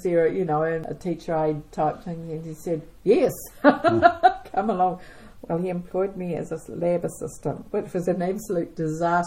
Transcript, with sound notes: Is there a, you know, a teacher aide type thing?” And he said, “Yes!” [Chuckle] “Come along”… Well he employed me as his lab assistant, which was an absolute disaster!